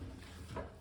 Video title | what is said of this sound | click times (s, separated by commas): How to Install and Remove a Soft Close Drawer | You really hear it snap if you look on the underneath side, | 0.6 s